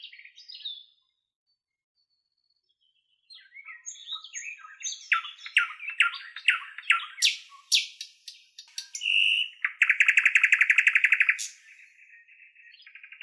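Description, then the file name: Nightingale song with varied scratchy and whistled phrases after a short pause, building to a loud fast rattling trill, then softer notes. "solovey"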